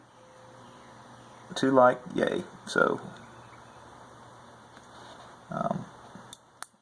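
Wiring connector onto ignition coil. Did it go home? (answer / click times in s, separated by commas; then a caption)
yes / 6.3 s, 6.6 s. A plastic wiring connector is pushed onto a 2JZ VVT-i ignition coil while someone talks. Two sharp clicks come at 6.3 s and 6.6 s as the connector pops into place and seats nice and tight on the coil.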